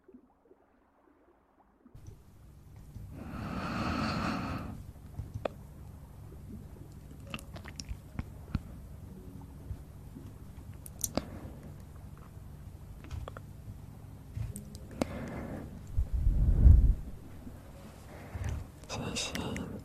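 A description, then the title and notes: Mouth sounds: chewing and biting with wet clicks and crunches scattered through the clip. Near-silence for the first two seconds, then a low steady rumble, a breathy swell around four seconds, and a heavier thump near sixteen seconds. Sounds close to the mouth!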